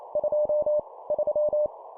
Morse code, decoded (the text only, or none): 2 3